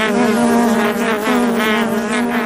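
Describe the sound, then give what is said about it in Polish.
Honeybees buzzing in a steady, unbroken drone, a loud mid-pitched hum with rich overtones that wavers slightly in strength, with no voices present. “W naszym obszarze geograficznym pszczołom tym dzikim do życia potrzebne były stare drzewa, w których były dziuple i one sobie zagospodarowywały taką dziuplę, prawdopodobnie właśnie, żeby było im cieplej.”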